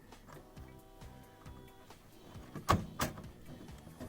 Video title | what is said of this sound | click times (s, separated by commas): Comment changer de carte graphique ? Ou régler un problème d'encodage sur OBS ! | Et dès que vous entendez le petit clip, ça signifie qu'elle a été branchée. | 2.7 s